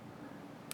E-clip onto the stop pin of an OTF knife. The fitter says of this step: and it just slides on pretty easily snaps into place and now